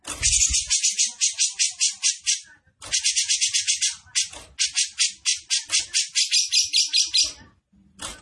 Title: Cucak Jenggot Besetan Gacor. Cucak Jenggot Besetan Terbaik Dengan Suara Jernih